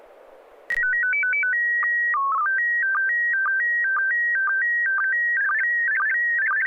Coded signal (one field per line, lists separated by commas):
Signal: SSTV (slow-scan television)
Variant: PD 120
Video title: N6NA SSTV Net - 11/10/2021